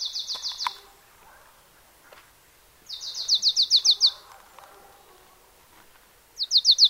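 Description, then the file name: Marsh tit with three bursts of quick, high, evenly spaced notes, the last cut short, and soft lower sounds between them. "Poecile palustris"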